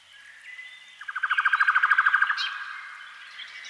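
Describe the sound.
Canary giving one loud, evenly pulsed rolling trill lasting over a second, set against faint background warbling.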